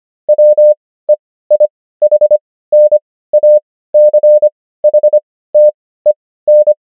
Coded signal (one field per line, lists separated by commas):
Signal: Morse code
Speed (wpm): 25 wpm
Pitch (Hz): 600 Hz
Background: none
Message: WEIHNACHTEN